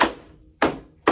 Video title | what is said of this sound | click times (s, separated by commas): VEWIOR Air Purifier Review: Does it REALLY Clean 2200 sq ft Quietly? | and line it up snaps into place very very simple now | 0.6 s